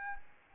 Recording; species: mosquito wingbeat signal from an infrared sensor; Anopheles arabiensis